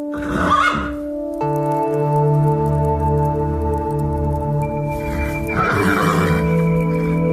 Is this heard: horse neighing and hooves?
yes